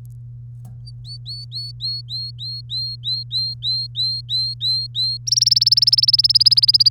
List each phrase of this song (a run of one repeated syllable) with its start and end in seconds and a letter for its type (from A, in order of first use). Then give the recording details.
0.85-5.17 A, 5.27-6.89 B. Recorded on 3 May 2018 at 08:35. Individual llb3